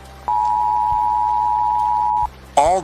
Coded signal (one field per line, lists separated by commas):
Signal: Emergency Alert System (SAME) tones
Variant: 853 and 960 Hz attention tone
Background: speech